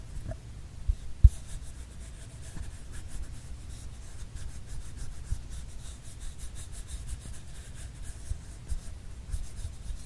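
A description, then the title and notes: A paper tube is being handled, with soft scratchy rubbing and faint rustles running through the whole ten seconds. A sharp tap lands near the one-second mark, and a low, dull rumble sits underneath throughout. PAPER TUBE SOUND ASMR.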